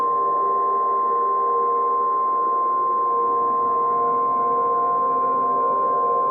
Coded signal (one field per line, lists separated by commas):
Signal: Emergency Alert System (SAME) tones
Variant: 1050 Hz attention tone